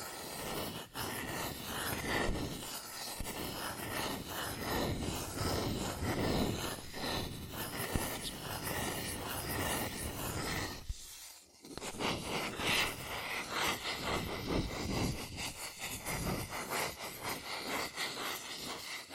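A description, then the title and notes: Quick tapping, scratching and tracing on cardboard and paper, with dense rapid strokes that run almost without pause. The rough, papery scraping stays busy and bright throughout, broken only by a brief hush around the eleven-second mark before resuming. ASMR Fast CardboardPaper Tapping, Scratching, Tracing Sounds ( No Talking).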